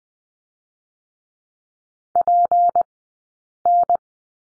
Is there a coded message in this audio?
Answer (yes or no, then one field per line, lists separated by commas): yes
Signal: Morse code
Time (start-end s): 2.2-4.0 s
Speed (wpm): 20 wpm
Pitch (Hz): 700 Hz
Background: none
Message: PN